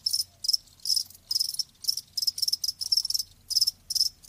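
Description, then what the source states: Cricket chirping in clean, evenly spaced high bursts, about two per second, each a short buzzy trill separated by near silence. Live crickets chirping with a lulling song.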